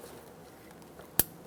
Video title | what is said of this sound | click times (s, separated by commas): How to Replace Front Axle Shift Actuator with Wire Harness 1988-1999 GMC K1500 | close the door on top be sure it seals into place you'll hear it click | 1.2 s